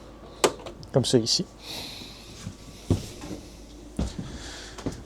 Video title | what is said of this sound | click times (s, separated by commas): Démonstration_Rockwood_Geopro _17LE_2026 | Donc si jamais on n pas de courant, c'est la première placement à venir voir s'assurer que le bouton est bien enclenché | 0.4 s